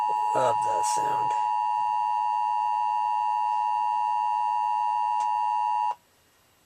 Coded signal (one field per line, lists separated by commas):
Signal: Emergency Alert System (SAME) tones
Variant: 853 and 960 Hz attention tone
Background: speech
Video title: 05-22-11 EAS alert/storm chase part 2